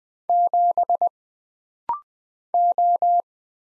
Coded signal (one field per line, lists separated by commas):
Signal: Morse code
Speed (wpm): 20 wpm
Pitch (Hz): 700 Hz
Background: none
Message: 7 O